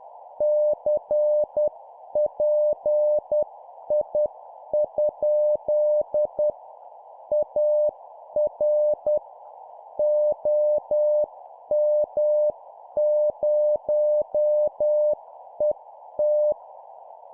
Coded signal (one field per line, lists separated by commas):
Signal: Morse code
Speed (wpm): 10 wpm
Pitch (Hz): 600 Hz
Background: none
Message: CPI? AR OM0ET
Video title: 10wpm CQ contact Example QSO Template, CW morse code Copy Speed improvement